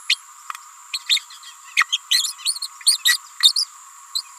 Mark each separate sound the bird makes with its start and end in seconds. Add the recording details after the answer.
0.09-0.18, 0.92-0.99, 1.08-1.20, 1.76-1.85, 1.92-1.98, 2.10-2.34, 2.45-2.59, 2.61-2.67, 2.85-2.98, 3.05-3.18, 3.40-3.54, 3.56-3.65, 4.14-4.23. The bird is a female. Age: 28 days. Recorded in a nest box in Venezuela. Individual 17B31A3